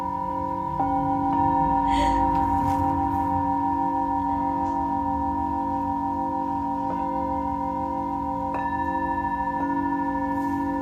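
Singing bowls ring in long, sustained tones that overlap and hum steadily throughout, with a low droning layer beneath. Fresh strikes add brighter tones now and then, around one, four, seven and nine seconds, while a soft brushing noise swells briefly near two seconds.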